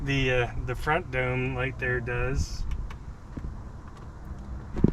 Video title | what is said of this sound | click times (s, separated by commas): Ford Bronco Interior Lights Fixed | plastic piece this pops right in | 4.8 s